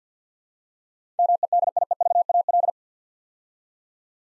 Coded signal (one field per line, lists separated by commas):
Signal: Morse code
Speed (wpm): 50 wpm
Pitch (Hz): 700 Hz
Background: none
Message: MEDIEVAL